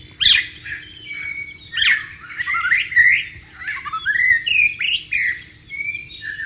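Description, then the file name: White-rumped shama song: a continuous run of clear whistles, sweeping rising and falling notes and short slurs, delivered in quick varied phrases. Wild bird, singing in its natural habitat. "suara burung murai batu di alam liar"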